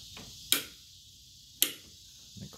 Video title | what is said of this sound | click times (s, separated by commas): Weld Bilt Boat Hookup Instructions | but I want to tighten it back up just click that it clicks into place | 0.5 s, 1.6 s